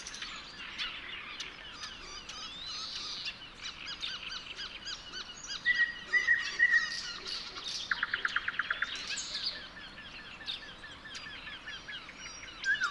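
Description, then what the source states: Bird: dawn chorus of countless high chirps and twitters, with a clear whistled phrase and a fast mechanical trill standing out in the second half. Song recorded within a dawn chorus.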